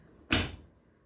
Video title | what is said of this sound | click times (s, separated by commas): unboxing a Shark vacuum. and my initial thoughts | until it clicks | 0.3 s